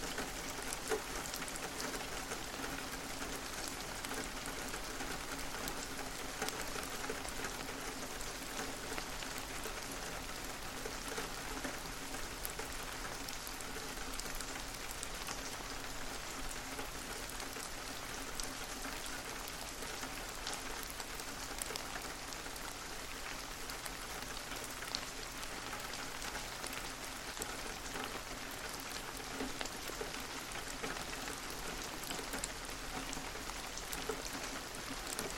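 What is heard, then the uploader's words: Forest rain falls in a steady, dense hiss, with countless fine drops pattering throughout. The sound stays even from start to finish, bright and full, with scattered slightly louder drips standing out here and there and a faint low rumble underneath. Forest Rain for 10 Hours.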